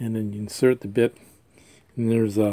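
A screwdriver bit is handled at the ball-lock bit holder of a NoCry ratcheting stubby screwdriver while someone talks throughout, with short pauses between phrases. Nothing has seated or clicked into the holder yet by the end of the clip.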